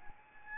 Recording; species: mosquito wingbeat signal from an infrared sensor; Anopheles arabiensis